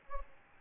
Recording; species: mosquito wingbeat signal from an infrared sensor; Aedes albopictus